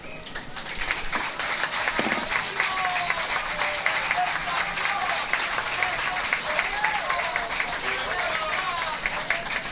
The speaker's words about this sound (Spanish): Vamos a darle un fuerte aplauso a esta compañera, ¿verdad? Que nos vino a deleitar estas bonitas melodías desde Tixla Guerrero, ¿verdad?